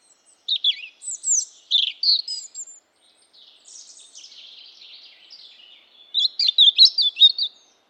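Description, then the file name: European robin song: bright tinkling notes and twittering trills, a quieter warbling middle passage, then a louder burst of rapid high notes. "Erithacus rubecula"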